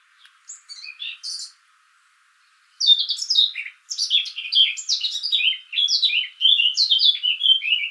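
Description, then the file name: Eurasian blackcap singing: a short scratchy twitter, a silent gap, then a loud flowing warble of clear whistled notes that often slide downward. "Sylvia atricapilla"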